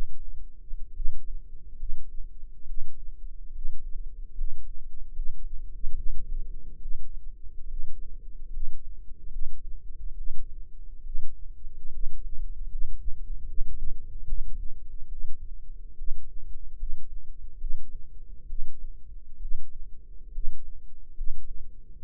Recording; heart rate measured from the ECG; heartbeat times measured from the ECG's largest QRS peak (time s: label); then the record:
heart sounds by microphone in the left ear; 71 bpm
0.93 s: heartbeat
1.76 s: heartbeat
2.64 s: heartbeat
3.51 s: heartbeat
4.33 s: heartbeat
5.11 s: heartbeat
5.93 s: heartbeat
6.78 s: heartbeat
7.66 s: heartbeat
8.49 s: heartbeat
9.29 s: heartbeat
10.14 s: heartbeat
11.02 s: heartbeat
11.89 s: heartbeat
12.67 s: heartbeat
13.45 s: heartbeat
14.25 s: heartbeat
15.08 s: heartbeat
15.94 s: heartbeat
16.75 s: heartbeat
17.57 s: heartbeat
18.46 s: heartbeat
19.38 s: heartbeat
20.30 s: heartbeat
21.13 s: heartbeat
21.98 s: heartbeat
From the record:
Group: healthy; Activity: rest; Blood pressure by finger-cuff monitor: 119/76 mmHg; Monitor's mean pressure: 88 mmHg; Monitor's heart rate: 71 bpm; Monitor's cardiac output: 6.1 L/min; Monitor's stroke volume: 86 mL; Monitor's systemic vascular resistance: 1070 dyn s/cm5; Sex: female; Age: 22 years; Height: 171 cm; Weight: 65.6 kg